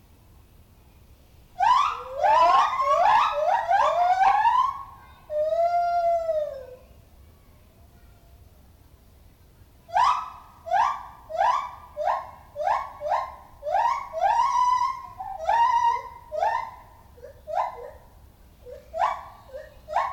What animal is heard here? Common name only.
Lar Gibbon